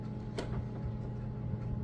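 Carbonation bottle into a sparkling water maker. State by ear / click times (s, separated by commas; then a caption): seated / 0.4 s. A plastic carbonation bottle is slid into the holder of a SodaStream Terra sparkling water maker and pushed all the way up until it locks into place and dangles there. A faint click at 0.4 s marks the lock, over a steady low hum. The bottle is seated.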